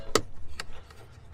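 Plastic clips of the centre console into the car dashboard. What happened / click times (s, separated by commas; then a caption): Plastic trim clips snap into place / 0.2 s, 0.6 s. After the plastic clips are lined up, the upper centre console is pressed back into the car dashboard. Two sharp snaps ring out at 0.2 s and 0.6 s, followed by a much fainter tick near 0.9 s over a low rumble. The console clips snap in and seat.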